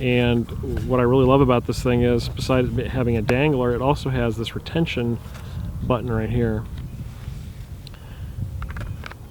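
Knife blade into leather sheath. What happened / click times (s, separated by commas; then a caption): Knife handled at the sheath, not yet seated / none. A Terävä Jääkäripuukko 110 puukko knife is handled beside its over-molded leather sheath, which has a dangler and a retention button. Someone talks for most of the clip, then a few brief, faint handling ticks are heard near the end, from about 7.9 to 9.1 seconds. The knife has not yet been pushed home into the sheath, and nothing has seated or clicked yet.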